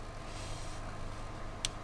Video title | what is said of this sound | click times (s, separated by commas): Can You Hack It? How to Make USB-Adapter Tethers | until it clicks in there. And then do the same thing. | 1.7 s